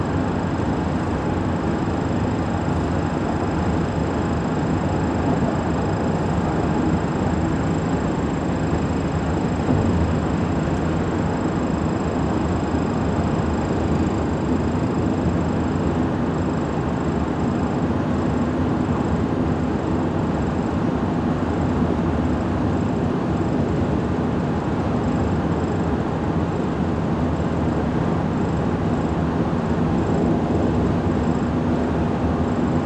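Continuous road noise from a highway, a dense, unbroken roar that holds at a steady level for the whole stretch. The sound is mostly low and rumbling with a hissing top, and a faint high whine runs constantly above it.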